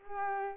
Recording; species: mosquito wingbeat signal from an infrared sensor; Culex pipiens